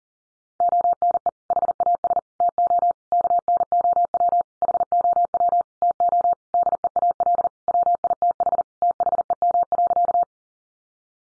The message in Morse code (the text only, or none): ONE HAS TO KNOW HOW TO DEAL WITH THEM.